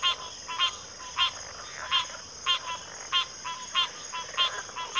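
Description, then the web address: Constant shrill cricket chorus overlaid by strong pulsed rasping calls repeating in a fairly regular beat, nearly two per second. Cricket chorus recorded at a backwater. "Natures Songs Sleep Sounds of Nature CRICKETS Backwater Chorus"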